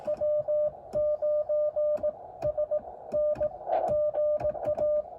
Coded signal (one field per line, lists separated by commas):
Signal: Morse code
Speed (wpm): 18 wpm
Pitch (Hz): 590 Hz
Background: music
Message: W9SN GA